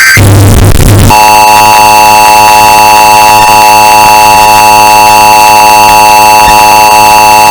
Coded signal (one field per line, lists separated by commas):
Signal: Emergency Alert System (SAME) tones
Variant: 853 and 960 Hz attention tone